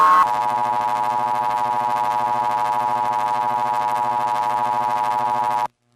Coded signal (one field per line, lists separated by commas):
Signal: Emergency Alert System (SAME) tones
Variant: 853 and 960 Hz attention tone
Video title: EAS YTP: Tom Fails To Do a Demo